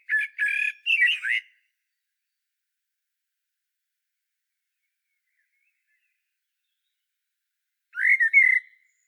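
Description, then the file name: Common blackbird with a brisk burst of fluty notes and chatter, then silence for several seconds before a shorter warbled phrase. "Turdus merula"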